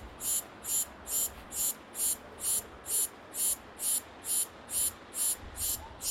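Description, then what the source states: Cicada song: evenly spaced, high, hissing buzzes pulsing a little over twice per second, steady throughout. In a park.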